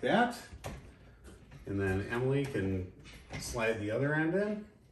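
A motorized window shade roller tube is handled as its second end is readied to slide into a wall or ceiling mounting bracket. Someone talks throughout, with a brief soft knock near 1.5 seconds. Nothing has seated or clicked yet.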